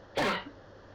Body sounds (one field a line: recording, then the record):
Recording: coughing mixed with background sound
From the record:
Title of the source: Barking cough - # 10